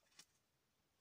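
A plastic cover or insert is handled as it is put back onto a heart-shaped paper craft punch, with a brief, bright handling sound near 0.2 s against faint background noise. Nothing has seated or clicked yet.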